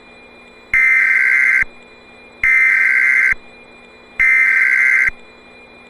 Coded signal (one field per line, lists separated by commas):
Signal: Emergency Alert System (SAME) tones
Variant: header bursts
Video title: EAS Mini-Scenario: Gojira